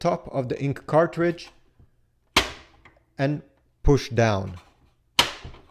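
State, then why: Released. Someone talks while a finger presses down on the top of the installed plastic ink cartridge in the carriage of a Canon PIXMA MG2525/MG2522 printer. A sharp sound comes at 2.4 s, and the cartridge clicks loose at 5.2 s, released so it can be pulled out and replaced.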